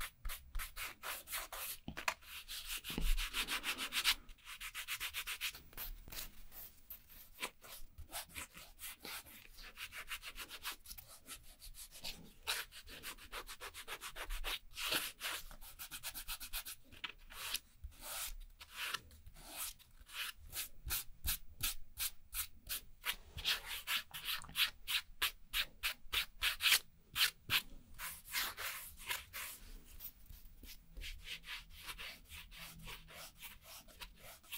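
Dry scratching of a nail file worked over gel nails, the strokes bright and hissy. Early on the rubbing is smoother and blended. From about 17 seconds it breaks into quick, regular back-and-forth strokes, with a faint low hum underneath.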